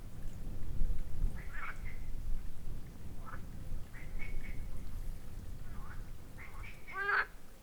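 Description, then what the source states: Frogs croaking in short, nasal, quacking bursts, a few scattered notes then a louder harmonic croak near the end, over a low rumbling background. Recorded at Kalamos.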